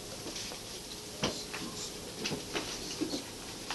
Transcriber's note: background talk as interviewers leave